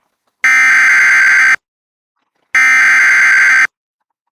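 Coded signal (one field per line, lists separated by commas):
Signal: Emergency Alert System (SAME) tones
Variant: header bursts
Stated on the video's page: Live IPTV stream alert generated by a DASDEC unit, with valid EAS tones.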